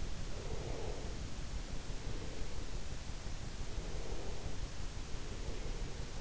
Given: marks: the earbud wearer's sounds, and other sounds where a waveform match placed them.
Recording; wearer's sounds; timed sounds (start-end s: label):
sounds in sleep by an in-ear microphone; breath
0.21-2.63 s: breath
3.53-6.21 s: breath